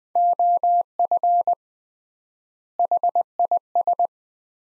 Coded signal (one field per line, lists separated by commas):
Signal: Morse code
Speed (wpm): 21 wpm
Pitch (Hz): 700 Hz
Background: none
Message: OF HIS